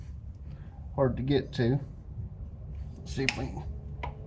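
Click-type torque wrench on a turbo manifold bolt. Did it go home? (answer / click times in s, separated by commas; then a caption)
yes / 4.0 s. A click-type torque wrench is worked onto a hard-to-reach turbo manifold bolt while installing a Borg Warner turbo and FullTilt manifold on a 3406E Caterpillar engine in a Peterbilt 379. Someone talks over low background rumble, then one sharp tick sounds at 4.0 s as the wrench clicks, confirming the bolt has reached torque.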